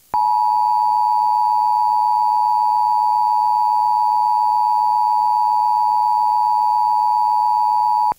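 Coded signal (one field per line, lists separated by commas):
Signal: Emergency Alert System (SAME) tones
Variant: 853 and 960 Hz attention tone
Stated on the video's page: NOAA Weather Radio EAS tones during an apparent nationwide station maintenance period, from stations in several states.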